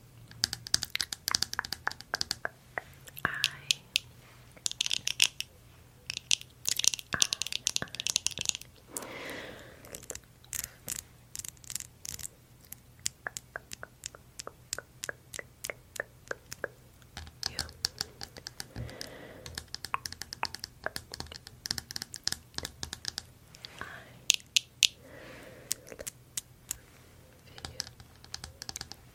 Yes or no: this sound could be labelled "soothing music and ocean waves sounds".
no